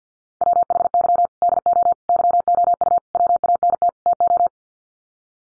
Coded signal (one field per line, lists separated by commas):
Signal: Morse code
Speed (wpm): 50 wpm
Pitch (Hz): 700 Hz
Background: none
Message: WHY DO YOU WANT TO